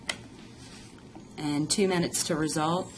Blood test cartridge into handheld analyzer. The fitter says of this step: you'll hear it click